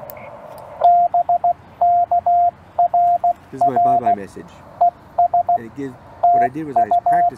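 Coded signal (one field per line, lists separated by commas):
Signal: Morse code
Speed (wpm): 16 wpm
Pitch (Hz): 700 Hz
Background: speech, radio noise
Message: BK RR ES TU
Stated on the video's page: CW during a park activation, used as copy practice.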